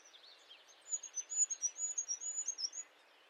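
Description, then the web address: Bird delivering a fast string of sharp, very high chirps starting just under a second in, set against a soft hiss of background noise. "birddata Deverinetal 2025"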